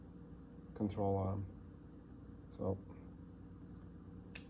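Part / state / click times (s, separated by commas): C-clip into groove of coilover bearing mount / seated / 4.4 s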